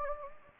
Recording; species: mosquito wingbeat signal from an infrared sensor; Anopheles gambiae